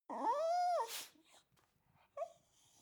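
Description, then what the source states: Dog whimpering, a drawn-out whiny tone that rises and holds before dropping off, a sniff-like noise, then a short second whine after a pause. Attention-seeking whimper.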